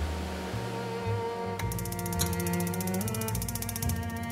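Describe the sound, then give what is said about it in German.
A room heating system in a Berlin room hums steadily at a low pitch, then breaks into a fast, even run of mechanical ticking clicks that continues over the drone. No one speaks. “Heizungsgeräusche wie diese gibt es nur in Berliner Zimmern.”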